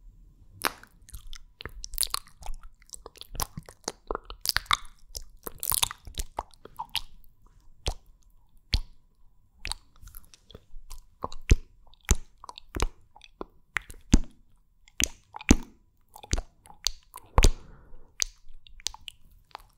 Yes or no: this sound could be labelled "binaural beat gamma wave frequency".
no